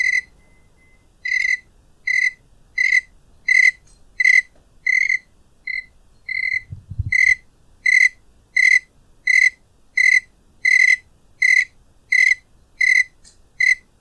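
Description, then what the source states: Cricket chirping, clear ringing pulses repeated steadily about every 0.7 seconds, with a brief low thump partway through. A single cricket.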